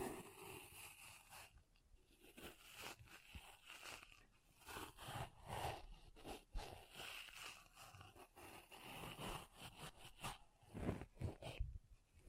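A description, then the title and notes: Soft, fluffy rustling and scratching of a pom pom, handled in quick, uneven strokes. Dense crackly bursts run through the whole clip, swelling and fading every second or so, with a few sharper taps near the end. ASMR Ultimate Pom Pom Tingles (No Talking).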